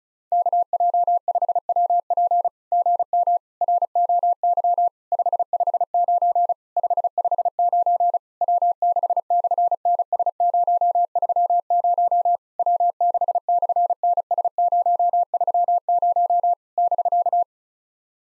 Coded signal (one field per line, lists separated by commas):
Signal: Morse code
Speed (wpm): 34 wpm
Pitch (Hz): 700 Hz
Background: none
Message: KJ5WP GM ROY 559 559 W6/NS030 W6/NS030 <BK>